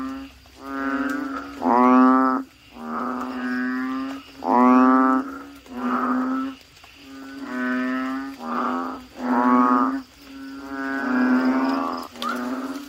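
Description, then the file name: Frog croaks, a chorus of low, nasal, moaning calls each about a second long, overlapping, with brief gaps. "suara kodok bangkong"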